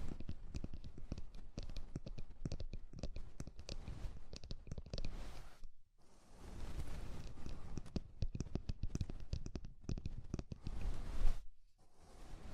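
Ear cleaning sounds with rhinestone and clay removal: a dense, continuous run of crackly clicks, scrapes and rubbing, with many sharp taps. The sound breaks off briefly near six seconds and again around eleven and a half, with one louder tap just before the second pause.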